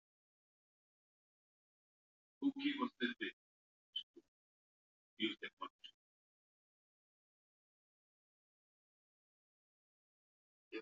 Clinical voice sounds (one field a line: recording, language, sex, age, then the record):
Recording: short text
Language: Brazilian Portuguese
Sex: female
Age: 60 to 69 years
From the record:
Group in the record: control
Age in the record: 66 years